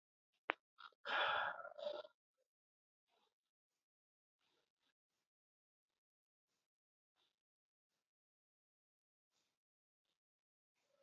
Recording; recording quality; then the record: shallow breathing; poor, much background noise or distortion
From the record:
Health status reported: respiratory illness, not identified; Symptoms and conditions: none ticked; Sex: male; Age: 45 years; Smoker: not ticked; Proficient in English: yes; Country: India